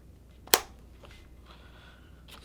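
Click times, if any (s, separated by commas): 0.5 s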